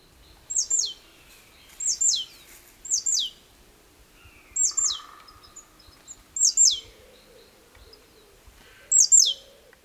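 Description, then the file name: Great tit calls: six thin, high notes, each sweeping sharply downward, given at uneven intervals. "Parus major"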